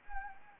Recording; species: mosquito wingbeat signal from an infrared sensor; Anopheles gambiae